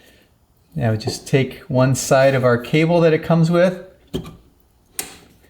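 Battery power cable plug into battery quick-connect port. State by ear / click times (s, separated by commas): seated / 5.0 s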